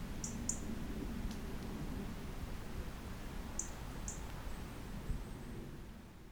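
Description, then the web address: European robin giving a few high, thin ticks in pairs, with long gaps between them, over a dull low background noise. "SETE Erithacus rubecula"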